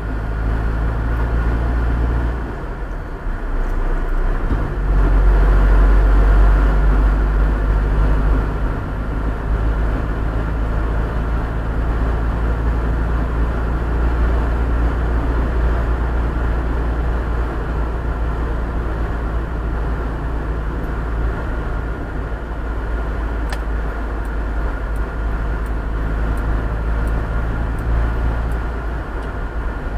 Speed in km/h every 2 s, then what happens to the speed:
42, 46, 45, 47, 50, 52, 53, 56, 56, 54, 54, 52, 52, 53, 54.
0-14 speeds up to 56. 14-30 steady at about 54.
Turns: none.